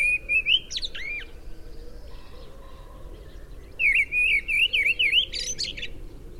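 Mistle thrush song: a brief fluted phrase, a pause, then a longer rippling whistled phrase ending in a higher flourish, with low background noise.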